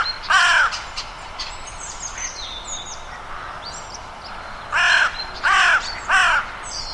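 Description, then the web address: Bird calls with harsh, hoarse caws: one early, then three evenly spaced caws near the end, with thin, high whistles and chirps of other birds between. "Deverinetal 2025 File origin Bird Only"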